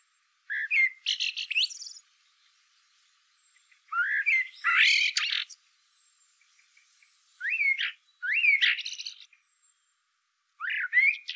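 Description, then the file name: Eurasian blackbird singing in separate phrases: rising whistled notes, each ending in high squeaky twittering, with short pauses between phrases. "Turdus merula"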